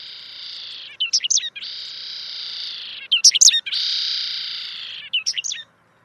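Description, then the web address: Correndera pipit song: long buzzy drawn-out notes alternating with quick clusters of high sharp chirps, repeated three times. "cantos cachirlacomun"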